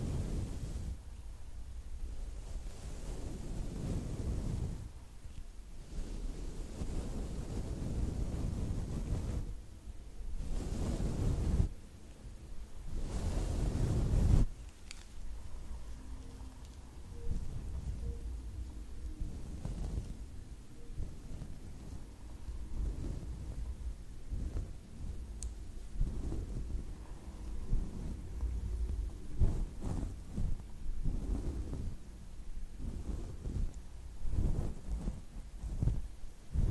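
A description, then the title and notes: Scratching and brushing sounds, with heavy low rubbing and thumping bursts through the first fifteen seconds, strongest around eleven to fourteen seconds. After that the sound turns quieter and more uneven, with short scratchy strokes and soft taps repeating irregularly to the end. ASMR scratching, braiding, brushing.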